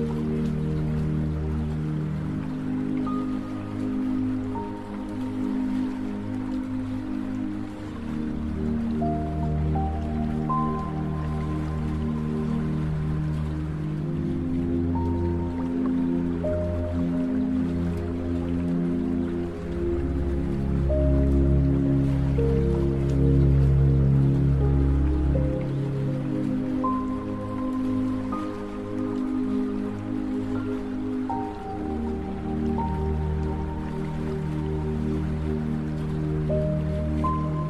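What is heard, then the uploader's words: Meditation music of low, sustained drone tones with slow chord shifts every few seconds, soft high notes entering, and a gentle rain-like hiss throughout. Meditation music.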